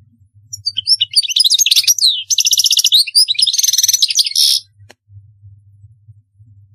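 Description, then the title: European goldfinch song: quick twittering phrases broken by buzzy rattling trills, ending with a click, followed by quiet low hum. "Chant Chardonneret"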